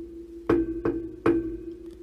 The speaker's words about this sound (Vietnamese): Ngoài cửa đột nhiên vọng đến tiếng gõ cửa. Cộc cộc cộc.